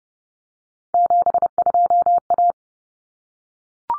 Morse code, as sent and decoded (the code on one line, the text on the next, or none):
--... ..--- .-
72A